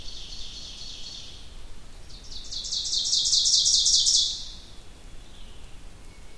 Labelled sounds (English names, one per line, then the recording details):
Ovenbird song
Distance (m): 15 m
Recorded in boreal forest in Alberta, Canada, on 2 June 2016 at 05:50
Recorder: SongMeter 3, array SBT-3-7
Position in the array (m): 196 m, 1 m
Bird 6